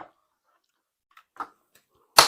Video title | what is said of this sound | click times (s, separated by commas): STOP Using the Wrong Portable Work Table and Regret It! | and you can hear it lock | 2.2 s